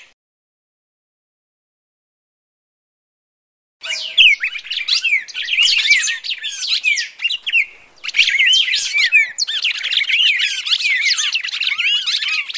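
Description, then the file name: Red-crested Cardinal fighting calls start after a few seconds of silence. A dense, continuous stream of overlapping sharp chirps and slurred whistles follows, with one short break. Recorded while fighting. "suara burung red crested cardinal tarung omkicau"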